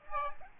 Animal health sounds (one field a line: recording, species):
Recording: mosquito wingbeat signal from an infrared sensor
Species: Aedes aegypti